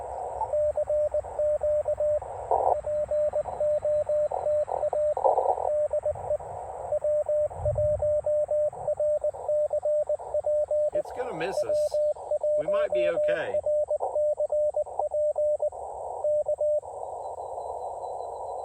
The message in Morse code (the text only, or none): CQ GOTA DE W1RCP W1RCP K